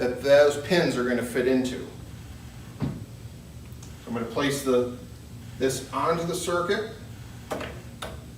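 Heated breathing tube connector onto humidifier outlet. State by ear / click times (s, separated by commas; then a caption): seated / 8.0 s. Someone talks while a heated breathing tube connector is pressed onto the outlet of a Fisher & Paykel Airvo 2 humidifier unit, its two small pins going into the matching holes. A sharp plastic click at 8.0 s marks the tube locking into place, seated.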